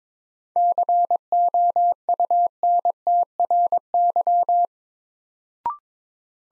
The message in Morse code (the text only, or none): COUNTRY